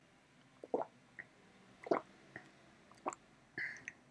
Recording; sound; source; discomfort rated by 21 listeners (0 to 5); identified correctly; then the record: sound for misophonia research; swallowing; oral or nasal; mean 2.67, standard deviation 1.66; in 42 of 42 trials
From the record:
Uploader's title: swallow water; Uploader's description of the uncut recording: To swallow water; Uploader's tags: swallow, glup, swallowing, water, agua, tragar